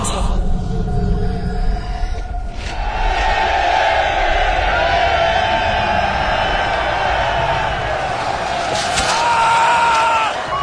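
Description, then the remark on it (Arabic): A loud, agitated crowd shouts and roars continuously while a door is battered down, with a heavy crash early on and another forceful impact near the end. “اكسروا الباب.”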